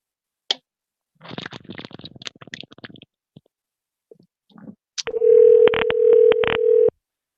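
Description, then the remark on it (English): A click and a few seconds of scratchy handling noise as a telephone is dialed to call someone back give way to a loud, steady dial tone that hums for about two seconds before cutting off. “Well, let's give him a call back.”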